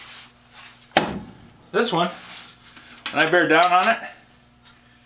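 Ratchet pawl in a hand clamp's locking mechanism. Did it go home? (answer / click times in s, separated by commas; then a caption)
no / none. A hand clamp with a ratcheting locking mechanism is handled as someone talks about bearing down on its handle, with a sharp transient at about 1.0 s amid the speech. Nothing has seated or clicked into lock yet; the final ratchet pawl click that locks the jaws on the workpiece has not happened.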